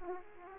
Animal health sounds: mosquito wingbeat signal from an infrared sensor; Aedes aegypti

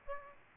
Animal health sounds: mosquito wingbeat signal from an infrared sensor; Aedes aegypti

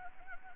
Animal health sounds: mosquito wingbeat signal from an infrared sensor; Anopheles gambiae

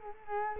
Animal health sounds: mosquito wingbeat signal from an infrared sensor; Culex quinquefasciatus

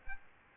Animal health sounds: mosquito wingbeat signal from an infrared sensor; Aedes aegypti

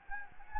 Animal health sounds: mosquito wingbeat signal from an infrared sensor; Anopheles gambiae

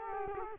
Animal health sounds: mosquito wingbeat signal from an infrared sensor; Culex quinquefasciatus

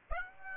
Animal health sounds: mosquito wingbeat signal from an infrared sensor; Aedes aegypti

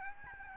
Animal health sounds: mosquito wingbeat signal from an infrared sensor; Aedes albopictus

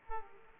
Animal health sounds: mosquito wingbeat signal from an infrared sensor; Aedes aegypti

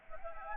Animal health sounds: mosquito wingbeat signal from an infrared sensor; Anopheles gambiae

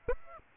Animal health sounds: mosquito wingbeat signal from an infrared sensor; Aedes aegypti

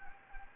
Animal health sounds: mosquito wingbeat signal from an infrared sensor; Anopheles gambiae

